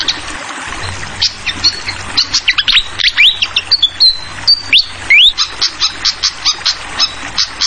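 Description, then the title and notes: Fantail song mixing rising whistled slurs and sustained high notes with bursts of rapid chipping, set against steady flowing-water noise. Tutoring track (masteran) for training songbirds, featuring a clear-voiced fantail mixed with the sound of flowing water. "Masteran Sikatan Kipas Suara Jernih Dan Suara Gemericik Air. Suara Burung Sikatan Londo"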